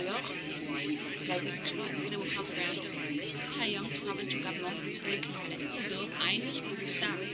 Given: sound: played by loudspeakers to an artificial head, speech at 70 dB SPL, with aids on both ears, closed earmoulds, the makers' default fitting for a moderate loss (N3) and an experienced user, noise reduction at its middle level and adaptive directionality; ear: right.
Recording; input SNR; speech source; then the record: speech test signal (ISTS) in cocktail-party noise; -6 dB; in front (0 degrees)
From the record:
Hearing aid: class 1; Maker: D